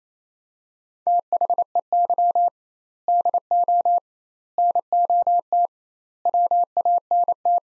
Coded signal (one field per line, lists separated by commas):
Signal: Morse code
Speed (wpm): 28 wpm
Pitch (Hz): 700 Hz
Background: none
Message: THEY DO NOT WANT